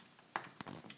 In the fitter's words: it'll make a little click sound when it's engaged